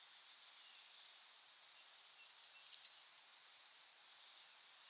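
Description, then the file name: California towhee calls, a few sharp high metallic chips spaced out over several seconds against faint hiss. "Melozone crissalis - California Towhee"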